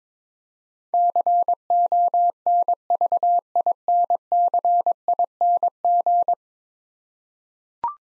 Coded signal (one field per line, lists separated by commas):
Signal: Morse code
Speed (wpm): 22 wpm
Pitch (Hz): 700 Hz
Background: none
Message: CONVINCING